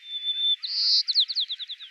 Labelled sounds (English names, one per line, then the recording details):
White-crowned Sparrow song
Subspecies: nuttalli
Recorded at Lands End, California, in 2013
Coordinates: 37.779, -122.513
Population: north
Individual leA_13